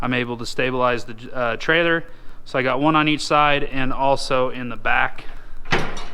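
Someone talks while handling a stabilizer jack leg at its mount on a UTV trailer, with a short sharp sound near 5.7 s at the end. The leg has not yet locked up into place, and nothing has seated or clicked yet.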